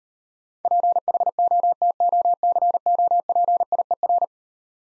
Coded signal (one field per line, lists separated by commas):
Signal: Morse code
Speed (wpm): 37 wpm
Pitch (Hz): 700 Hz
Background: none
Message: PHOTOCOPIER